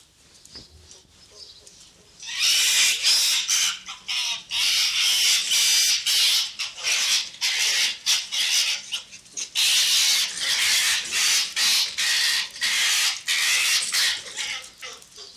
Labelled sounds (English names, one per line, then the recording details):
Arctic Fox
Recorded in captivity
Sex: pair
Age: adult
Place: Zoologisches Institut der HUB, Berlin, DE
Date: 1957-05-03
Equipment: Elmetra
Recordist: Tembrock, Günter